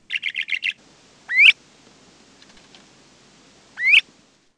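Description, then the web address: LeConte's Thrasher call: a fast burst of five short notes, then two separate sharply rising whistles about two and a half seconds apart, over faint background hiss. "Peterson North American Birds. lcth"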